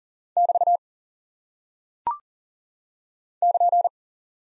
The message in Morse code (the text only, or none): <BT> <KN>